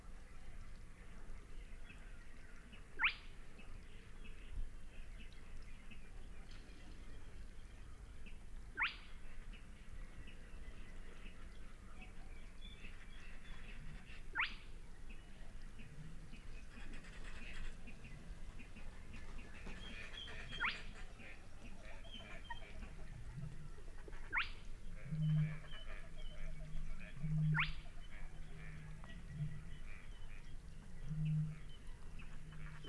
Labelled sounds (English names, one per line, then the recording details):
Spotted Crake song
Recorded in the wild
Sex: male
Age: adult
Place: Kützerhof, Kummerower See, Mecklenburg-Vorpommern, DE
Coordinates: 53.8511, 12.8767
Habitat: wetland
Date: 2008-05-14
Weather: ca. 10°C, fast windstill, zunehmender Mond
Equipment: Sound Devices 702, Sennheiser MKH 70, Windkorb
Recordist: Frommolt, Karl-Heinz